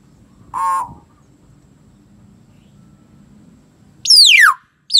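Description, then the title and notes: Common hill myna making one short buzzy, rasping note, then after a pause a loud whistle sliding sharply down in pitch, and the start of another at the end. "Kicau Burung Beo"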